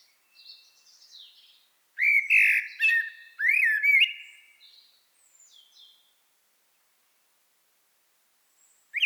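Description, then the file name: Common blackbird song: a soft high twitter, then a loud fluted, warbling phrase with a thin squeaky ending, a long pause, and the start of another phrase. "Turdus merula"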